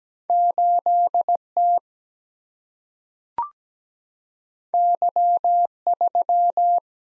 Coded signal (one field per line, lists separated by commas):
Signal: Morse code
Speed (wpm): 17 wpm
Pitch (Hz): 700 Hz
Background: none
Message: 8 T Y 3